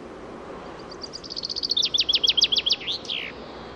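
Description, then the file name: Common chaffinch song: a bright series of repeated notes that descends, ending in a quick downward flourish; soft background hiss. "Fringilla coelebs"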